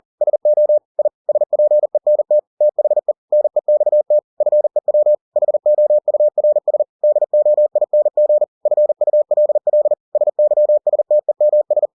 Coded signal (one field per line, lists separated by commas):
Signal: Morse code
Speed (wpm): 40 wpm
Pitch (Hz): 600 Hz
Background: none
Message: SO I SPENT THE NEXT FEW HOURS DOING FULL SYSTEMS